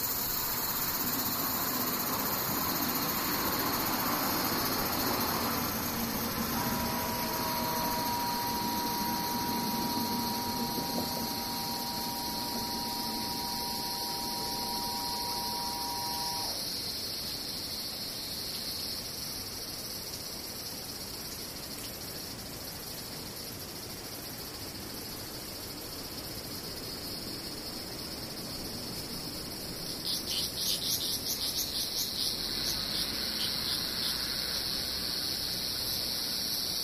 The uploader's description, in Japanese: セミ